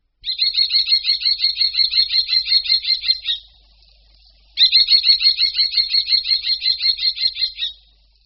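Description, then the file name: Common kestrel calling in two long bursts of fast, piercing kee-kee-kee notes, separated by about a second of quiet. "Poštolka-obecná"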